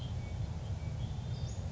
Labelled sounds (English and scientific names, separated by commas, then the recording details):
Western Flycatcher (Empidonax difficilis)
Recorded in Sonoma County, California